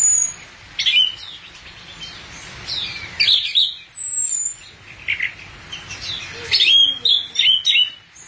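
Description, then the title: Thrush delivering squeaky, high-pitched varied notes and thin slurred whistles in uneven bursts, with a soft background hiss. "burung anis x"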